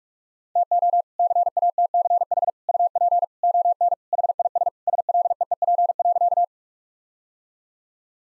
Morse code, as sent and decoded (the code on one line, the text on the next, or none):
- --- / -.-. .- - -.-. .... / ..- .--. / --- -. / .... .. ... / ... .-.. . . .--. .-.-.-
TO CATCH UP ON HIS SLEEP.